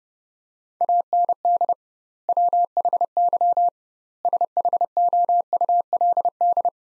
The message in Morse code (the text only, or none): AND WHY SHOULD